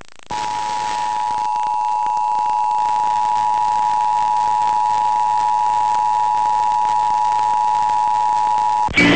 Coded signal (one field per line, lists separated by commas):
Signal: Emergency Alert System (SAME) tones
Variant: 853 and 960 Hz attention tone